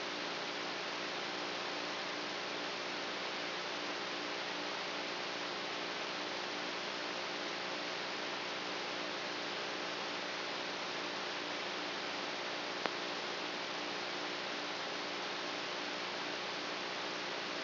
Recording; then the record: brain microelectrode recording played as sound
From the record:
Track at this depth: inside the subthalamic nucleus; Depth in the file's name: 3.503 mm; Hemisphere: right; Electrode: 3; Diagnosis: Parkinson's disease